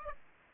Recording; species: mosquito wingbeat signal from an infrared sensor; Aedes aegypti